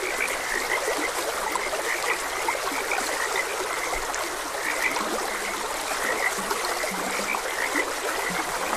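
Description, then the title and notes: Frog croaks repeat through a busy chorus, with occasional low drawn-out calls, under the constant sound of trickling water. Frogs croaking beside a gentle stream. "Gentle Stream and Frogs Croaking. Sleep and Relaxation Podcast"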